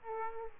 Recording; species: mosquito wingbeat signal from an infrared sensor; Aedes aegypti